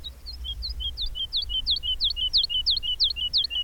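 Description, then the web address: Bird singing paired notes, a high down-slurred note then a lower one, repeated steadily about three times a second and growing louder. "madarak enek"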